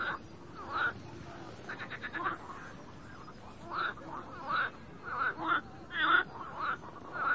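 Frogs croaking: short rasping calls at irregular intervals, with a few quick rattling pulsed trains.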